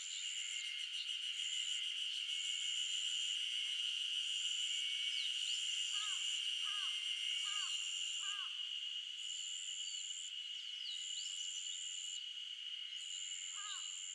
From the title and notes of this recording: The sound of the insects buzzing and humming away on a early summer morning in the mountains of Shizuoka Japan.